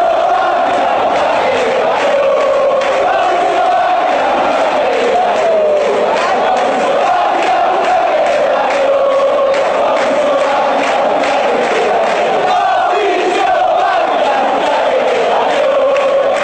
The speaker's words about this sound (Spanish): ¿Qué sintió cuando escuchó por primera vez o le dijeron que en una cancha de fútbol gritaban Mau?